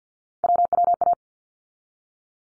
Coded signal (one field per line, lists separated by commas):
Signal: Morse code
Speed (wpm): 50 wpm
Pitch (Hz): 700 Hz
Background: none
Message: WWA